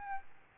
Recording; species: mosquito wingbeat signal from an infrared sensor; Aedes albopictus